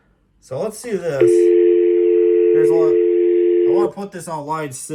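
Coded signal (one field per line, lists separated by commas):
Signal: telephone call progress tone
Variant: North America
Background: speech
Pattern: dial tone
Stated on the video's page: Call progress tone from a home-built intercom and phone system in a main room.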